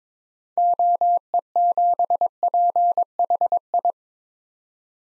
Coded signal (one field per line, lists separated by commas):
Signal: Morse code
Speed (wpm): 22 wpm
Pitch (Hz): 700 Hz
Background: none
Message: OE7PHI